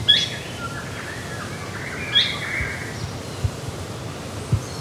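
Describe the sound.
Bird calls: two high, sharp chirps about two seconds apart, with faint lower warbling notes and steady background noise.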